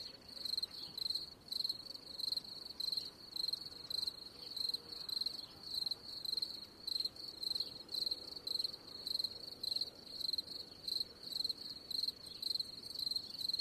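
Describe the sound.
Cricket producing a long series of high, trilled chirps at a steady rhythm.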